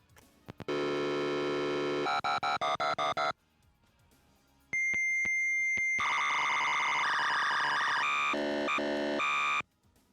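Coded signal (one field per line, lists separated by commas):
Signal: dial-up modem handshake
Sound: dialing tone bursts, a steady high answer tone, then rapid warbling multi-tone chirps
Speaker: Clubhouse BBS. There's modem sounds. Will the modem sounds play? Hope so. Are you guys ready? Is it going to play modem sounds or is it lying? [Laughter] It's Let's go.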